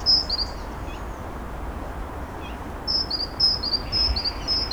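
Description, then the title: Bird song: a few short high notes, a pause, then a fast string of paired high whistled notes, against continuous low background rumble. Birds singing at Narbonne, France; recorded with a Zoom H6 and Sennheiser MKE 600 microphone. "Narbonne, France - Birds Sing 03. Birds Narbonne 03"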